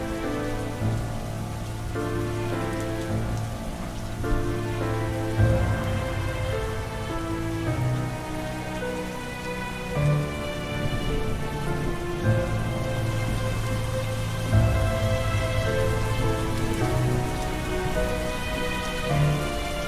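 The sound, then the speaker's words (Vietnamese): Heavy rain pours in a steady, unbroken hiss for the whole stretch, with sustained melodic tones droning underneath and no voices. “Ngày hôm ấy trời bất chợt đổ mưa như sự tiếc thương cho một sinh linh nhỏ bé đã phải lìa đời.”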